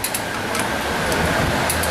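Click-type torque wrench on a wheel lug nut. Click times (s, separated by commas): 0.0 s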